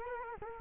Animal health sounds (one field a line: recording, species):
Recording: mosquito wingbeat signal from an infrared sensor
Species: Culex quinquefasciatus